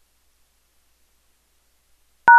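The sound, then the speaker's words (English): A single loud touch-tone phone beep, a steady dual-pitched tone, sounds abruptly at the very end after about two seconds of silence, as a phone number is called. “I guess I'm going to have to call this other phone number I got.”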